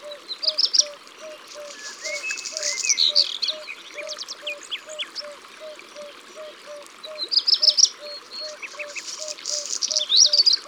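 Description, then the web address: Black redstart singing two phrases, each opening with rapid high notes and then a gravelly crackle, while a low even pip repeats steadily in the background. "Rougequeue-noir abc-de-la-nature"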